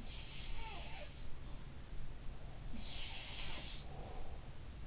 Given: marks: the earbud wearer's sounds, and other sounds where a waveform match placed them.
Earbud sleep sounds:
sounds in sleep by an in-ear microphone; breath
0.11-1.34 s: sound from someone else or the room
2.63-4.61 s: sound from someone else or the room
3.78-4.61 s: breath

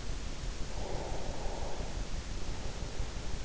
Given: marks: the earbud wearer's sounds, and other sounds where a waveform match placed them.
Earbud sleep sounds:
sounds in sleep by an in-ear microphone; breath
0.49-3.19 s: breath

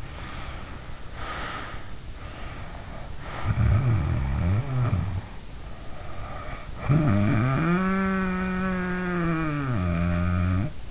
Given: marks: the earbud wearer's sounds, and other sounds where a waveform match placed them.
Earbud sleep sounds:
sounds in sleep by an in-ear microphone; breath, snoring breath
0.00-2.03 s: breath
2.14-5.50 s: snoring breath
5.67-10.90 s: snoring breath

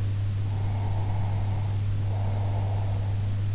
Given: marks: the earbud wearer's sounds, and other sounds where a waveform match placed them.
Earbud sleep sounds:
sounds in sleep by an in-ear microphone; breath
0.44-3.21 s: breath

